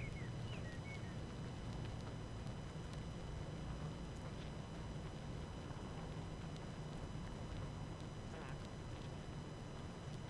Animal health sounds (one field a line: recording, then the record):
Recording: honeybee colony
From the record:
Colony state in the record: active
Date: 12 June 2018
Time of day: 18:51